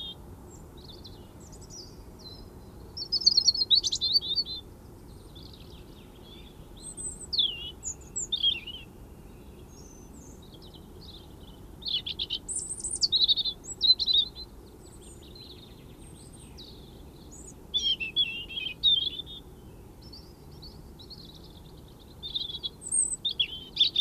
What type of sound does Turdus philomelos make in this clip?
song